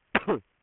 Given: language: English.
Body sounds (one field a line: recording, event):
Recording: throat vibration sensor signal played as sound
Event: cough